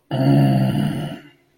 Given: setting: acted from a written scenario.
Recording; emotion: vocal sound without words; anger